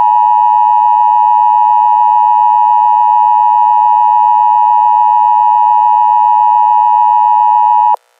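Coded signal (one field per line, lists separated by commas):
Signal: Emergency Alert System (SAME) tones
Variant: 853 and 960 Hz attention tone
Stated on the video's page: Fictional EAS scenario with added music.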